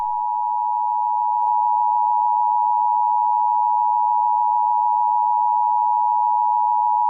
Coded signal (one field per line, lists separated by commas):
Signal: Emergency Alert System (SAME) tones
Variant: 853 and 960 Hz attention tone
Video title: EAS Scenario #61: SUPER GLITCH!!